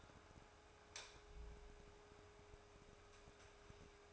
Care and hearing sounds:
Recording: daily activity, microphone in the room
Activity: light on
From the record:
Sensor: 2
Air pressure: 1010.0 hPa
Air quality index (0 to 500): 160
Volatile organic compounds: 7 ppm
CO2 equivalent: 1997 ppm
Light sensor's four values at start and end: 40/95/42/48 and 44/112/49/54

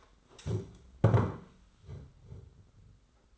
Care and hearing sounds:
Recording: daily activity, microphone in the room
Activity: stand up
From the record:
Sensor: 3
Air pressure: 991.7 hPa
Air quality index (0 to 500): 175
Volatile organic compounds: 1000 ppm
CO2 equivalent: 5811 ppm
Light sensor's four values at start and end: 34/98/40/34 and 36/102/42/36

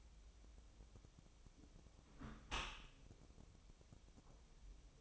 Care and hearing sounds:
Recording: daily activity, microphone in the room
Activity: close dishwasher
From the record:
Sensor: 1

